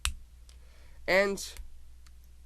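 The hinged plastic back cover of a GoPro HD HERO camera case is pushed closed over the case and snaps shut with a sharp click at 0.1 s, followed by a few faint ticks. Someone then talks briefly. The cover is seated, closed tight and secure on the case.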